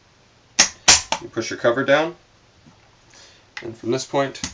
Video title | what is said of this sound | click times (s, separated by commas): SKS Disassembly/Reassembly, stripper clip use, bolt break down | Just give it a push, and you'll hear it lock into place. | 0.6 s, 0.9 s